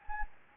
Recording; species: mosquito wingbeat signal from an infrared sensor; Anopheles gambiae